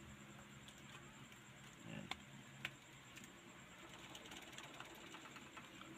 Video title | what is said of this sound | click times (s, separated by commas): pano mag palit Ng LCD Ng vivo y 11,how to change LCD on vivo y 11. | Pag lalapat niyan, maririnig nyo naman tutunog siya Ayan o. | 2.1 s, 2.6 s